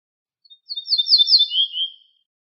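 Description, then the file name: Ortolan bunting song: a short run of repeated high, slurred notes, then two lower, drawn-out notes, on a silent background. "suara kicauan ortolan"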